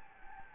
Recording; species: mosquito wingbeat signal from an infrared sensor; Anopheles gambiae